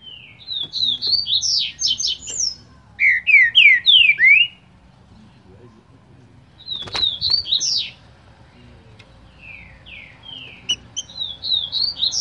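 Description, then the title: Green-winged saltator singing rapid series of clear, slurred whistles, some notes falling steeply, delivered in repeated phrases separated by short pauses over faint low hum. Singing trinca-ferro ('cantador') of breeder Cléber; recording labelled 'Voz 07'. "Canto De Trinca Ferro Voz 07. TRINCA FERRO CANTADOR CRIADOR CLÉBER"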